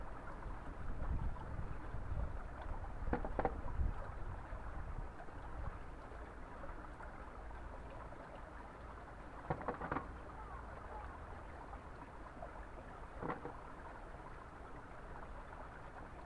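Daikon radishes are washed in flowing spring water, which keeps up a steady, dense rushing. A heavier low churning fills the first two seconds, and brief sharper splashes break through around three, ten and thirteen seconds.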